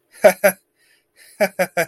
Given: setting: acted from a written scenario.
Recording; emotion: vocal sound without words; amusement